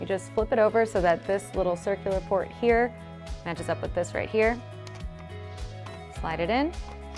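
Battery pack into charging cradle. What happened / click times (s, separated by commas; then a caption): The battery is being handled and lined up but has not yet clicked into its charging cradle / none. A Miele vacuum battery pack is flipped over so its small circular port lines up with the charging cradle and is slid in by hand, while someone talks over background music. Two brief handling sounds occur, but the battery has not yet clicked or seated in the charging cradle by the end of the clip.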